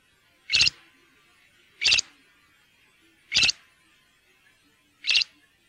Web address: fuglelyder- varsler